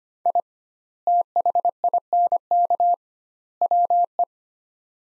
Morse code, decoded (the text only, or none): I THINK WE